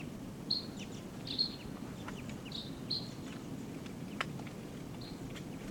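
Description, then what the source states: Red crossbill calls, short bright notes repeated at irregular intervals, soft against a steady background hiss. Type 2 call type; wild bird in a ponderosa pine by the camp, looking down.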